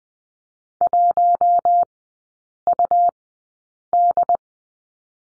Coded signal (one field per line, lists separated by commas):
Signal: Morse code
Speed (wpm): 20 wpm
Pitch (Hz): 700 Hz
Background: none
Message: 1UD